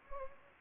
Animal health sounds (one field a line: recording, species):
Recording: mosquito wingbeat signal from an infrared sensor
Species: Anopheles arabiensis